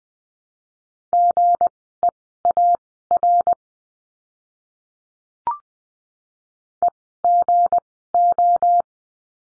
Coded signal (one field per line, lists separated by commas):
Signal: Morse code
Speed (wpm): 20 wpm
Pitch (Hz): 700 Hz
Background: none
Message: GEAR EGO